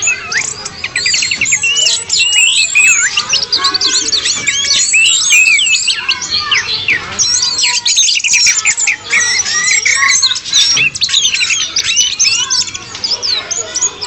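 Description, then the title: Bird song, many quick looping whistles and chirps tumbling over one another in a constant bright chatter. "SuaraBurung Kicau3"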